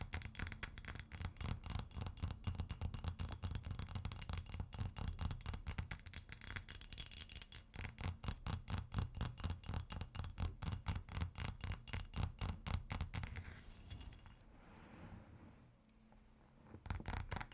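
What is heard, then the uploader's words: Ice is tapped and scratched in a fast, steady stream of sharp clicks, packed closely together for most of the clip with a low rumble underneath. Around fourteen seconds the tapping thins to a softer scraping hush, then resumes briefly near the end. ASMR Ice Tapping & Scratching (No Talking).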